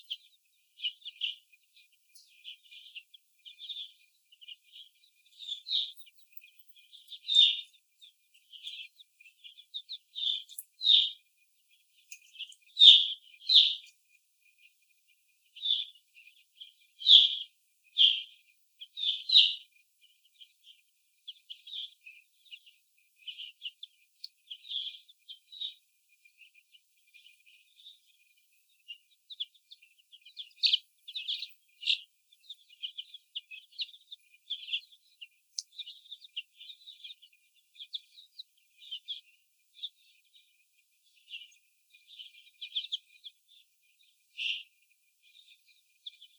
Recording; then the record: young laying hens in a cage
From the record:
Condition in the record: after the stressor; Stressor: sudden umbrella opening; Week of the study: 2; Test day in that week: 1